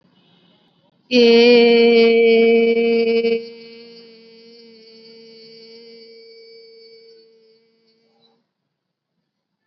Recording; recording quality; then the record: sustained vowel as in made; excellent, no background noise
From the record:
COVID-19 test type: RT-PCR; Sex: female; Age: 21 years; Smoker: no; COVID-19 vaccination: both doses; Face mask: worn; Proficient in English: yes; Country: India